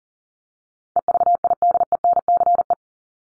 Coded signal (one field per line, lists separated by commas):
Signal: Morse code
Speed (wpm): 40 wpm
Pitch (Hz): 700 Hz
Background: none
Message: EVIDENCE